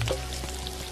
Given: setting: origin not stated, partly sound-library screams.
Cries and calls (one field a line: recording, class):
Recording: one-second piece from a danger detection set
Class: normal situation